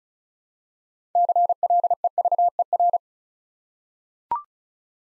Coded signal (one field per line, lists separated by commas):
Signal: Morse code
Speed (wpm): 36 wpm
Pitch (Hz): 700 Hz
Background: none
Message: CLEVER